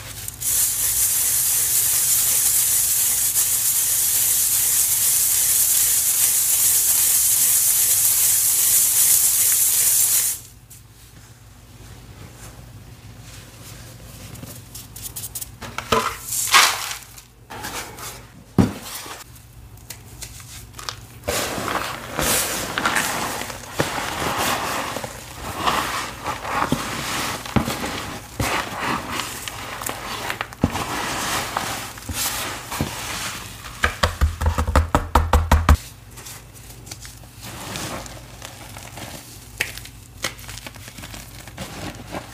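Cornstarch crunchies being worked by hand: the first ten seconds are a loud, steady bright hiss, then it cuts to irregular crunching and crackling. The crunches grow denser and sharper after about twenty seconds, with a brief low rumble near thirty-five seconds.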